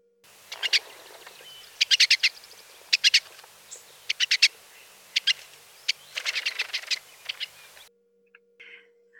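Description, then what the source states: Pine siskin calls: short bursts of high, sharp twittering notes in quick clusters, repeated several times. Played back as a mystery sound.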